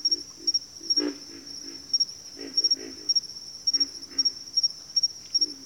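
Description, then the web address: Pig frog grunts, low and croaking, repeated in short runs, against a steady high-pitched pulsed insect drone. Pig frogs calling in a bayou. "Echoes of Nature - Bayou Pig Frogs"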